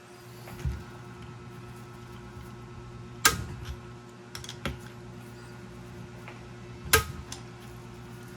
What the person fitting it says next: So pag nag-click na siya na ganun, proper na yung torque niya.